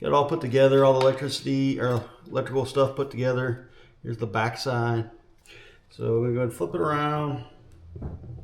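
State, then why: Not seated. Someone talks while handling an assembled carbon fiber Autoledtech steering wheel for an F150, with the electrical parts already connected, and flips it around to fit the plastic air bag cover. Only speech is heard, and the plastic air bag cover has not yet snapped into the steering wheel.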